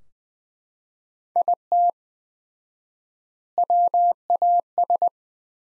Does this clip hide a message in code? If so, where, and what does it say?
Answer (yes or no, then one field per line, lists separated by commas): yes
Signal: Morse code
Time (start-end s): 1.4-5.1 s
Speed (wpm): 20 wpm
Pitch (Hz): 700 Hz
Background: none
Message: IT WAS